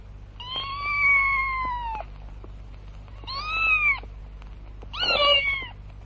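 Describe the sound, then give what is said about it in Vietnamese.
A cat basking in the sun meows three times: a long, drawn-out first call, then two shorter, rising-and-falling meows, the last slightly strained, over a faint steady low hum. “Hai đứa trẻ bưng cái rây đựng đầy nước về nhà và nhìn thấy con mèo đang phơi nắng.”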